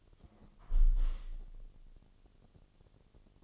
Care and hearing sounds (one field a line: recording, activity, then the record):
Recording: daily activity, microphone in the room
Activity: close window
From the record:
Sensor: 4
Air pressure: 1015.8 hPa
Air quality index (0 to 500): 78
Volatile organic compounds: 1 ppm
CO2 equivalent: 863 ppm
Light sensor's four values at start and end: 9/20/8/7 and 9/20/8/7